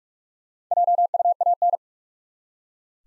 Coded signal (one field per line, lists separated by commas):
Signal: Morse code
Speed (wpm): 46 wpm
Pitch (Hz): 700 Hz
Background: none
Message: JUAN